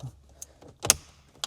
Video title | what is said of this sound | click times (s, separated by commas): Installing a HUGE Apple CarPlay Head Unit! (2013-2016 Honda Civic) | There it goes, you heard it click in all around, | 0.9 s, 1.4 s